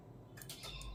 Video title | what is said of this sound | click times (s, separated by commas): TRUEVIEW 4G MINI PAN-TILT CAMERA UNBOXING AND CONFIGURATION - CCTV IN TAMIL - TECH SIRPI | தள்ளும்போது உங்கள் நெகத்தால் அழுத்தும் போது just ஒரு டிக்குன்னு சத்தம் வரும். | 0.5 s